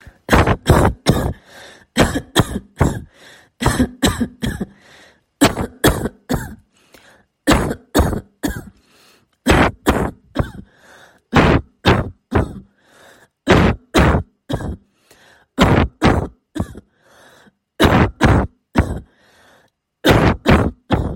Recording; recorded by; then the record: voluntary cough; messaging app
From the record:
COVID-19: negative